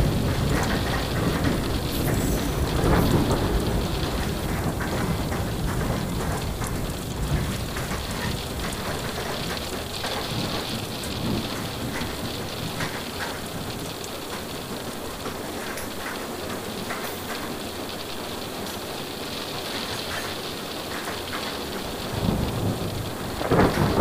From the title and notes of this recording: Soothing Train Ambience with Rain & Thunder Sounds. Immerse yourself in the tranquil sounds of a train journey accompanied by the soothing symphony of rain and distant thunder.